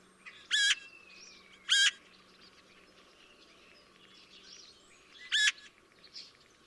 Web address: SETE Pica pica